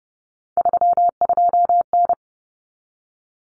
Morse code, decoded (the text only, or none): 32N